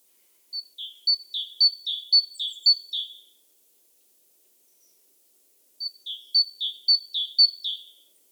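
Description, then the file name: Great tit song in two bursts of clear, seesawing two-note phrases, each a few seconds long, with a brief faint high note and silence between them. "Parus major"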